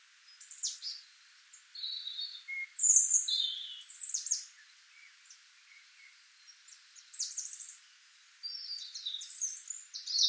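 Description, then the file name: European robin singing short, high, tinkling phrases with sharp, piercing notes, then a quieter gap of a few seconds before more thin phrases resume. "Erithacus rubecula"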